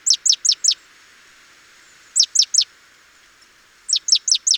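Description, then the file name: Great tit giving groups of three to five rapid, high, downslurred notes, separated by short pauses, over low steady noise. "Parus major"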